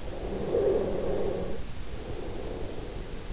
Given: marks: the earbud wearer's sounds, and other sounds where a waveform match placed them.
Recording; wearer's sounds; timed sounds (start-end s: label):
sounds in sleep by an in-ear microphone; snoring breath
0.24-3.24 s: snoring breath